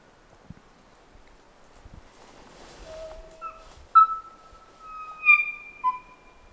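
Kōkako singing a sequence of sustained, pure notes, first stepping upward in pitch, some sliding slightly, with a few soft knocks beforehand.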